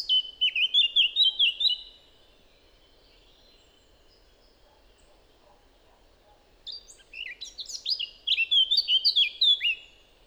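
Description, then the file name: Eurasian blackcap song: the tail of a fluty, whistled phrase, several seconds of near silence, then a new scratchy warble that swells into loud clear notes. "Sylvia atricapilla"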